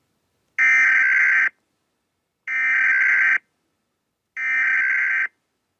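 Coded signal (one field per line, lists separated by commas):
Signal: Emergency Alert System (SAME) tones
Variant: header bursts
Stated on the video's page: Fictional EAS scenario, simulated alert tones.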